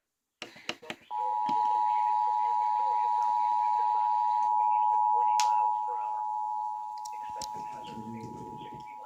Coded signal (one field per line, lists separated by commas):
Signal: Emergency Alert System (SAME) tones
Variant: 853 and 960 Hz attention tone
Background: speech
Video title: Severe Thunderstorm Warning Peoria IL (EAS 424-425)